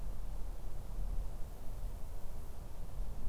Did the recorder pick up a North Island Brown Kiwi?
no